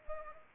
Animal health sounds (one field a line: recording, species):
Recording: mosquito wingbeat signal from an infrared sensor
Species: Anopheles gambiae